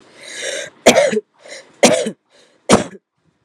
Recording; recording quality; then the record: shallow voluntary cough; excellent, no background noise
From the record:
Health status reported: respiratory illness, not identified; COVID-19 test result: negative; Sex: female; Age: 29 years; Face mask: not worn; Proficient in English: yes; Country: India